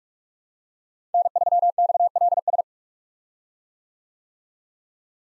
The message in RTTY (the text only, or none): none